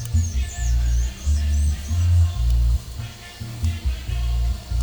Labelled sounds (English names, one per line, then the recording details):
none
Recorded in pastures near Puerto Asís, Putumayo, Colombia, on 22 December 2024 at 14:30
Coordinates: 0.497, -76.327
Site G088